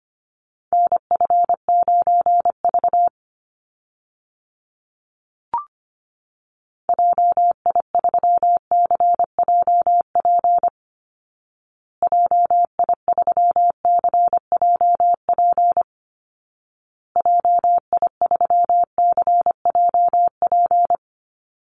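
Morse code beeps at a steady mid pitch, sent in four quick bursts separated by short silences, with one faint click near the middle.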